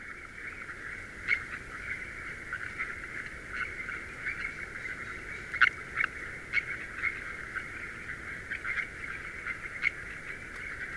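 Frogs call in a dense, continuous chorus, a steady mid-pitched band of trilling that never lets up across the eleven seconds. Sharper, brighter clicks and chirps break through irregularly, with stronger ones near two, six and ten seconds, over a faint low rumble.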